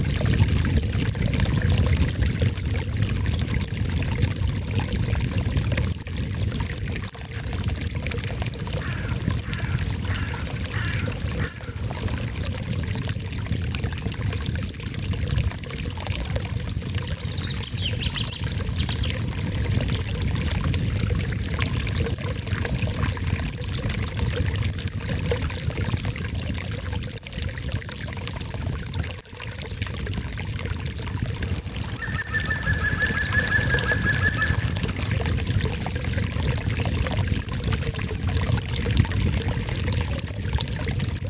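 A small brook trickles and splashes steadily throughout, with a brief bird call standing out around thirty-two seconds above the constant water.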